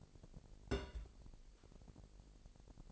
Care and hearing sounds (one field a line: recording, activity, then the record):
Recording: daily activity, microphone in the room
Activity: place on stove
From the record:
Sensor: 5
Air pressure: 1002.1 hPa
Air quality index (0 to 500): 248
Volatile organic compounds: 9 ppm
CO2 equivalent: 2148 ppm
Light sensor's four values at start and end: 22/48/21/23 and 22/48/21/24